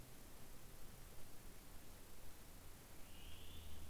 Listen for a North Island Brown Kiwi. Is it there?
no